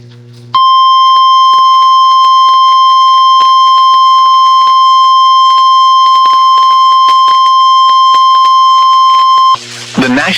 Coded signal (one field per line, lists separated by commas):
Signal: Emergency Alert System (SAME) tones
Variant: 1050 Hz attention tone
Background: speech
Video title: EAS Completion #33 EAS Alerts from August 20 2026 EAS 1,141-1,147